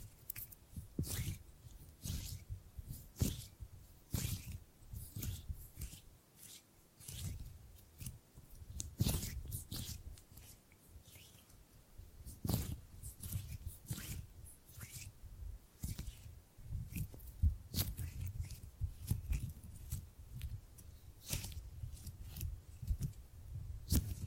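Gripping and grabbing sounds: a steady run of short, crisp clicks and snaps, several each second, irregularly spaced over the whole 24 seconds. Under them sits a soft low rustle and thump of handling, with a few louder sharp grabs near 9 and 12 seconds.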